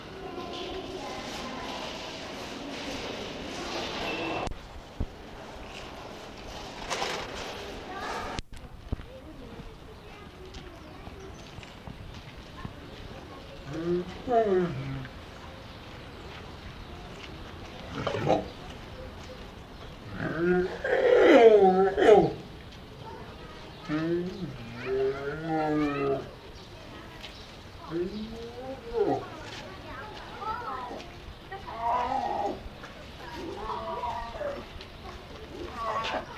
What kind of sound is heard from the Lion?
call